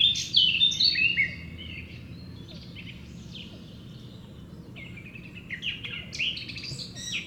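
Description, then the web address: Eurasian blackcap song: a loud warbled burst at the start, softer notes, then another warbling phrase near the end over a low hum. "SETE data Sylvia atricapilla"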